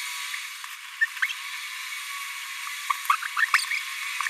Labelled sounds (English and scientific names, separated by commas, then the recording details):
Green-rumped Parrotlet (Forpus passerinus) babbling
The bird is a male
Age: 26 days
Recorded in a nest box in Venezuela
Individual 17B42A3